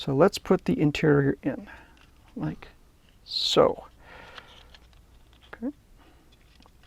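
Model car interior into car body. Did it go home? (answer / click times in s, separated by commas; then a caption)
yes / 5.5 s. Someone talks while fitting a cast interior tub into a scale model car body. After a few small handling taps, the interior clicks into place at 5.5 seconds and is seated.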